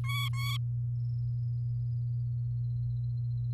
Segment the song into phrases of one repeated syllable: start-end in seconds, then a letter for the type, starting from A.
0.04-0.57 A